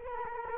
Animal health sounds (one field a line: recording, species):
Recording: mosquito wingbeat signal from an infrared sensor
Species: Culex quinquefasciatus